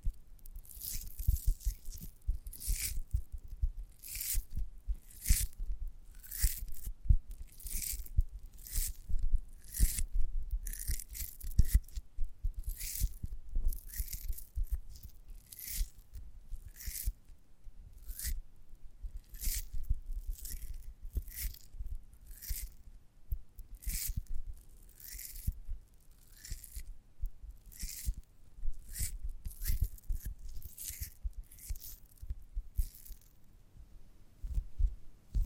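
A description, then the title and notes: A giant gummy bear being chewed, with wet, sticky bites and pulls repeating roughly every half second to second for the whole stretch. Each bite is a bright squelching tear over a soft low thump, with brief quiet gaps between them. ASMR of a Giant Gummy Bear (No Talking).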